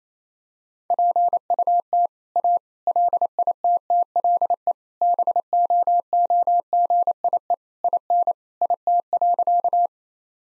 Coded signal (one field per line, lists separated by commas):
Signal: Morse code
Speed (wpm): 28 wpm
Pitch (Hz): 700 Hz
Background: none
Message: PUT A LITTLE BOOGIE IN IT.